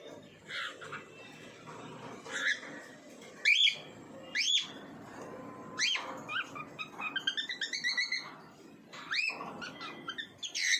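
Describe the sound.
Bird repeating sharp upslurred chirps at uneven intervals, with faster chattering notes in the middle and a steady low background hiss.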